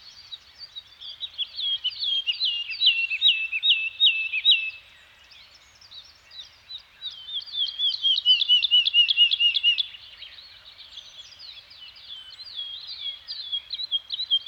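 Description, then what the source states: Bird song: a high, fast trill of repeated notes, a short quiet gap near the middle, another fast trill, then scattered chirps to the end. Nature soundscape of a Scandinavian forest environment with birds singing.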